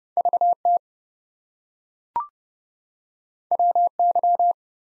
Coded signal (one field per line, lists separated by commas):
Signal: Morse code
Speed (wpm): 29 wpm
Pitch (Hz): 700 Hz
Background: none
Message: VT WY